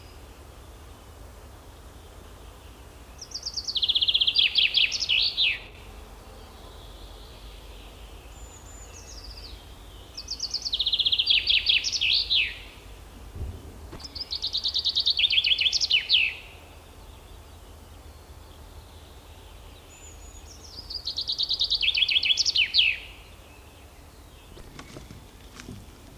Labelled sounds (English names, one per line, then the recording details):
Common Chaffinch song
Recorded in the wild
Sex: male
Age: adult
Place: Schloß Holte-Stukenbrock, Senne, Nordrhein-Westfalen, DE
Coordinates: 51.8606, 8.65556
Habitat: forest
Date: 1972-05-23
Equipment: Uher 4200 Report Stereo, Bändchenmikro Beyer M 260, Parabolspiegel Polyester (600 mm)
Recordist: Conrads, Klaus